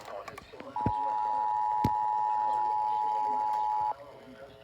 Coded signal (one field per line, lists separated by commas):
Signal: Emergency Alert System (SAME) tones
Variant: 853 and 960 Hz attention tone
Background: speech